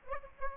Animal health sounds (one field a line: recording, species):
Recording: mosquito wingbeat signal from an infrared sensor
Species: Aedes aegypti